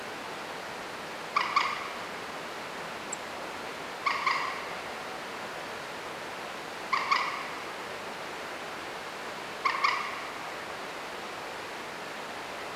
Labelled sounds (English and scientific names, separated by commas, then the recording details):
Common Moorhen (Gallinula chloropus), Song Thrush (Turdus philomelos)
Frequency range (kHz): Common Moorhen (Gallinula chloropus) 0.6-8.0 kHz; Song Thrush (Turdus philomelos) 6.9-10.5 kHz
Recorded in France